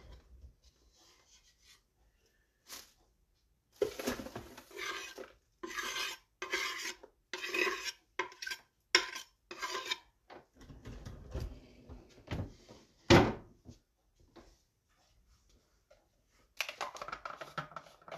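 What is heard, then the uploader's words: Morning routine sounds: after a near-silent start, a run of rough rubbing and scraping bursts comes close together from about four to ten seconds, like things being handled or moved. A sharp, bright strike stands out around thirteen seconds, and rustling returns near the end. From winter in Sweden. Getting up, coffeebrewing , catmeowing, firestarting, snowwalking, cofeesipping, writing.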